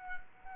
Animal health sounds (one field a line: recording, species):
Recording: mosquito wingbeat signal from an infrared sensor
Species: Culex quinquefasciatus